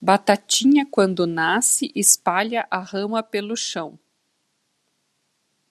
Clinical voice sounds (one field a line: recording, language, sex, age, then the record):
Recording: short text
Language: Brazilian Portuguese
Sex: female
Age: 50 to 59 years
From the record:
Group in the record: control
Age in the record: 53 years